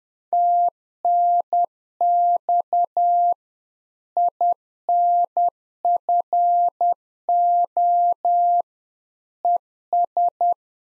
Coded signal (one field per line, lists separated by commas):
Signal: Morse code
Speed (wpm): 10 wpm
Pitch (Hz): 700 Hz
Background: none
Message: TNX INFO ES